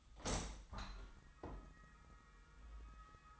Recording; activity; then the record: daily activity, microphone in the room; open window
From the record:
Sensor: 3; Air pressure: 1004.6 hPa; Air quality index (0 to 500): 85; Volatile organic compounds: 2 ppm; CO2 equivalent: 1303 ppm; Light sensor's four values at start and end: 7/16/6/6 and 7/17/7/6